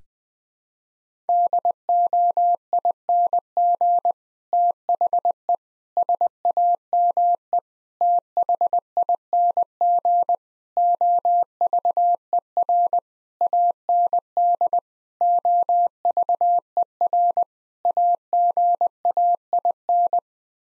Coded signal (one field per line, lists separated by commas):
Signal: Morse code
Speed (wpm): 20 wpm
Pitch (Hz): 700 Hz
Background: none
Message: DOING THE SAME THING OVER AND OVER AGAIN